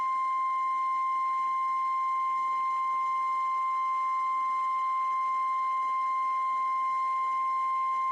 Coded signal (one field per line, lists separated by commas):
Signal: Emergency Alert System (SAME) tones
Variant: 1050 Hz attention tone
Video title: NOAA Weather Radio Weekly Tests & a bonus LAE (EAS #1071-#1081)